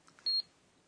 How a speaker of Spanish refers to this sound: Es una caja registradora leyendo códigos de barras. Exactamente. En japonés se dice pi.